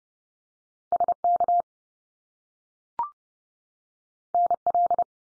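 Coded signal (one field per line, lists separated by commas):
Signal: Morse code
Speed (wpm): 30 wpm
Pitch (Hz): 700 Hz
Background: none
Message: SK NL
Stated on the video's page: Head-copy drill of Canadian province and territory names sent at 30wpm, each sent in Morse, spoken, then sent again.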